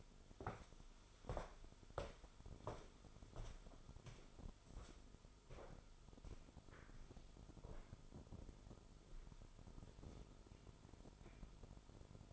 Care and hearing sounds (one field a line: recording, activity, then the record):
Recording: daily activity, microphone in the room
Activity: walk to room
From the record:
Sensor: 5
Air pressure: 988.3 hPa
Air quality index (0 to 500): 194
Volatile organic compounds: 62 ppm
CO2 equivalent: 3436 ppm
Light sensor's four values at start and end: 48/139/55/61 and 48/144/56/60